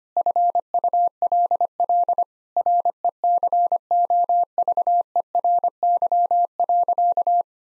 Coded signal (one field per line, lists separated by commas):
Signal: Morse code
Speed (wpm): 25 wpm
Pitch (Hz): 700 Hz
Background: none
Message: FULL RECOVERY.